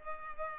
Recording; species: mosquito wingbeat signal from an infrared sensor; Culex pipiens